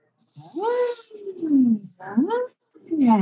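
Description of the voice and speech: An adult male voice making repeated sliding voiced glides that rise and fall in pitch, like an engine revving up and down: vocal warm-up after bursting a blood vessel in the vocal cord.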